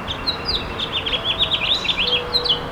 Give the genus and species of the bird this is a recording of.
Haemorhous mexicanus